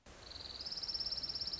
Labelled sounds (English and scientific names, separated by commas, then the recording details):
Orange-crowned Warbler (Leiothlypis celata)
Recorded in Sonoma County, California